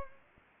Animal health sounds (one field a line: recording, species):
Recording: mosquito wingbeat signal from an infrared sensor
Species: Anopheles gambiae